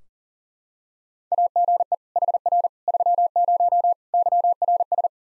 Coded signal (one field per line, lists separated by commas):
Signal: Morse code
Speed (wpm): 40 wpm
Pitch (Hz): 700 Hz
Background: none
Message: AGE HR 30 YRS